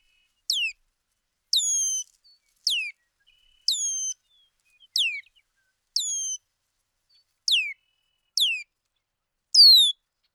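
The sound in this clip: Bird calls: nine falling or level whistled notes, spaced unevenly across ten seconds, with quiet gaps between them.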